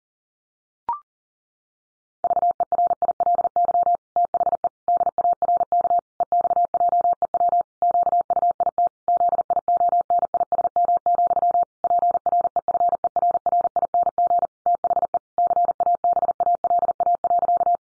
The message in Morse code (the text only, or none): VERILY THE DARK EXJEW QUIT ZIONISM, PREFERRING THE CABALA.